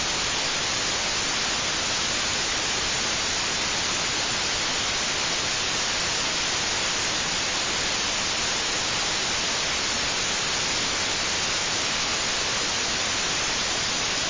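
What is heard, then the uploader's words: White noise hisses at a perfectly steady level for the whole clip, a dense, even rush with no breaks or changes. It sounds bright, like loud static, with the very highest top end cut off. Nothing else is heard beneath it. White Noise.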